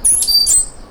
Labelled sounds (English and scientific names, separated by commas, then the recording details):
Stitchbird (Notiomystis cincta) song
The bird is a male
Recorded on Tiritiri Matangi Island, New Zealand, in 2005
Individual 1, of nest box 1